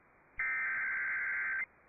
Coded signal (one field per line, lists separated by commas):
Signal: Emergency Alert System (SAME) tones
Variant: header bursts